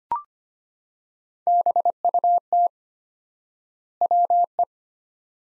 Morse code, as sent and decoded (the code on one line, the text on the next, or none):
-... ..- - / .-- .
BUT WE